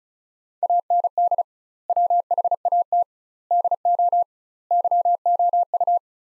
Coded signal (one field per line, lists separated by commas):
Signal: Morse code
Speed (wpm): 34 wpm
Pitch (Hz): 700 Hz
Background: none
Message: AND WHAT DO YOU